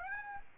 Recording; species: mosquito wingbeat signal from an infrared sensor; Aedes aegypti